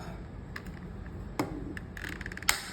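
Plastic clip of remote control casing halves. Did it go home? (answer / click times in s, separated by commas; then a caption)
yes / 2.5 s. Someone presses the two halves of an air conditioner remote's plastic casing together, and small clicks and ticks sound at about 1.4, 1.8, 2.1 and 2.3 seconds. The last plastic clip snaps home with a sharp, loud click at 2.5 seconds, and the casing is seated shut.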